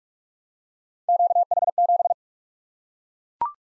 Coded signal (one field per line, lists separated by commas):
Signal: Morse code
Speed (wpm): 44 wpm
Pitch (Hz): 700 Hz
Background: none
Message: QH7